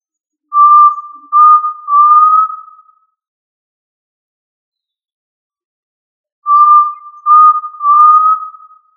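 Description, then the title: Tinamou call: a pure, steady mid-pitched whistle in three short parts, the last slightly rising and fading, repeated after about three and a half seconds of silence. "Familia Tinamidae - Quail - Puyuh"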